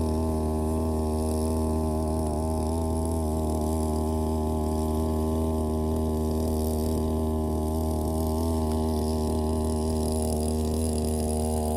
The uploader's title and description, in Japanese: ひたすら草刈り機で草刈り。草刈り機でネギの列、そして畑まわりを刈っていきます。